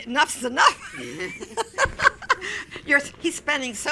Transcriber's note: they laugh